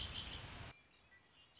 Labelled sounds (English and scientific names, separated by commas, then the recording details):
Red-winged Blackbird (Agelaius phoeniceus)
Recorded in Sonoma County, California